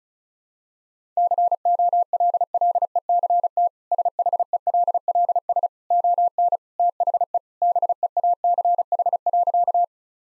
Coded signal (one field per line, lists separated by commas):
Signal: Morse code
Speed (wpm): 36 wpm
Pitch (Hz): 700 Hz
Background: none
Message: COLLECT SHELLS ON THE BEACH.